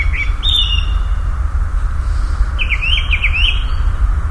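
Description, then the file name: Common nightingale singing: a level whistled phrase, then a quick run of repeated slurred notes, with constant low rumble underneath. "Nachtigall"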